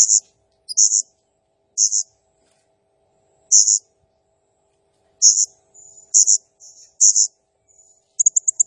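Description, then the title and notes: Blue-crowned hanging parrot giving repeated shrill high chirps, ending in a quick stuttering series of short notes. Singing energetically (gacor, nembak style); recording meant as masteran and lure (pemikat) for other birds. "Burung Serindit Nembak Gacor Bikin Emosi Semua Burung. Suara Nasteran Dan Pemikat Burung Serinditan Gacor"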